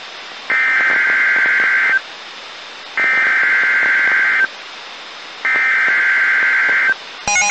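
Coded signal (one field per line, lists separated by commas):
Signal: Emergency Alert System (SAME) tones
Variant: header bursts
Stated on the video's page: Real tornado warnings and a required weekly test issued by the weather service during Kansas/Missouri statewide tornado drills, received on NOAA Weather Radio.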